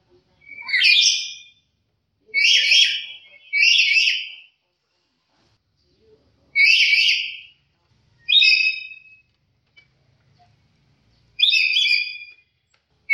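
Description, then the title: Black-capped lory giving loud, harsh screeching calls, single or paired, at irregular intervals of one to three seconds, separated by silence. "Nuri kepala hitam"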